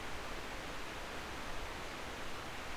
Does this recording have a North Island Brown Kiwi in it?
no